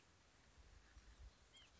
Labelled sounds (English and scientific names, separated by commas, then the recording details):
White-breasted Nuthatch (Sitta carolinensis)
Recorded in Sonoma County, California